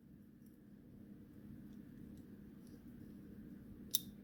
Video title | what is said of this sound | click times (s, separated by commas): WD Electronics Street Legal Kit Install | straight down until it clicks and then we want to | 4.0 s